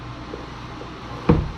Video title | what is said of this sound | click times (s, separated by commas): MUST-HAVE MOD for Toyota Highlander! 🔥 Sequential LED Mirror Turn Signal Upgrade (2020-2026) | Feels like everything clicked in at the same time. | 1.3 s